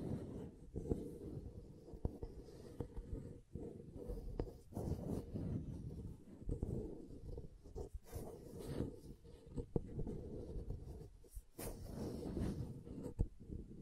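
Soap is tapped and carved in a steady, scratchy stream of scraping that stays mostly low and muffled. Sharp little taps and clicks break through every second or so, some brighter than others, with brief quieter gaps around four and eleven seconds.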